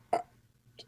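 A single abrupt, sharp throat catch followed by a faint second click, typical of a hiccup in an adult with ongoing hiccups.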